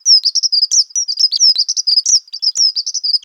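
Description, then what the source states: Bird song made of a rapid, continuous run of high, thin chirps and short slurred whistles, many sliding downward, with brief sharp clicks between notes. A single song unit.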